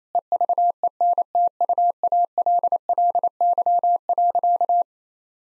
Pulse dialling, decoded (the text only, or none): none